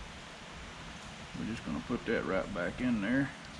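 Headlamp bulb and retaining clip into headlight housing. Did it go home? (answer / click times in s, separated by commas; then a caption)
no / none. A headlamp bulb and its retaining clip, which doesn't snap tightly, are being handled as they go back into the headlight housing of a 2006 Dodge Stratus. A steady low hiss runs throughout, and someone talks from about 1.3 to 3.3 seconds. Nothing has seated or clicked yet.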